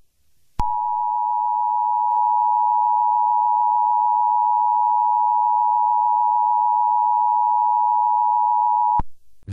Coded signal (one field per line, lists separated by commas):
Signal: Emergency Alert System (SAME) tones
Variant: 853 and 960 Hz attention tone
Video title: Raving Rabbids EAS at 1:00 PM